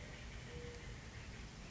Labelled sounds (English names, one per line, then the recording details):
Mourning Dove
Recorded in Sonoma County, California